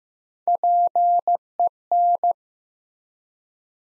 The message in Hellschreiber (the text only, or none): none